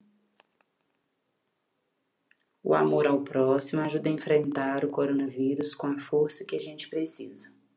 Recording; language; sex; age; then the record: spoken sentence; Brazilian Portuguese; female; 30 to 39 years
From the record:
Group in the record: control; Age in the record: 38 years